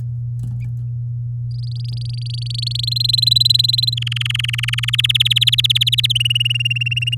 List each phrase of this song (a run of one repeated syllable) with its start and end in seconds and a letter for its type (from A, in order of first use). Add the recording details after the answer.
1.51-2.85 A, 2.87-3.94 B, 3.97-5.06 C, 5.09-6.12 D, 6.15-7.15 E. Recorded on 8 May 2018 at 06:22. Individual llb16